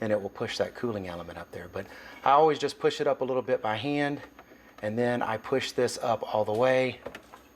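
Someone talks while pushing a plastic bracket that holds the ice maker cooling element up by hand into the ice compartment of a refrigerator. The part is being handled and has not yet snapped into place; nothing has seated or clicked yet.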